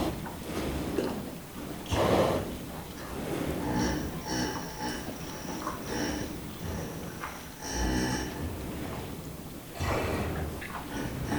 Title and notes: Mühlviertel, Austria. Schlafende Kühe im Stall. Night on a farm